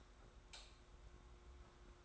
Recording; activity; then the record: daily activity, microphone in the room; light off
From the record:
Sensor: 3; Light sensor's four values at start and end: 39/96/39/36 and 37/87/35/33